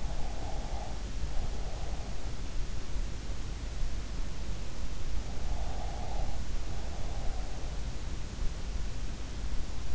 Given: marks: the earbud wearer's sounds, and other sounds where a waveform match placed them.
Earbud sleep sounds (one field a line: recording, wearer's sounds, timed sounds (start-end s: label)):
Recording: sounds in sleep by an in-ear microphone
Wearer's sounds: breath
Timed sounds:
0.00-1.99 s: breath
5.47-7.38 s: breath